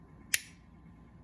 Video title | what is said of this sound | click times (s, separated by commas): Cold Steel Recon 1 CPM S35VN steel tanto blade tactical triad lock pocket knife with G-10 handles | So you hear it pop. | 0.3 s